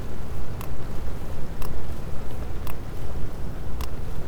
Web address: Physeter Macrocephalus cachalot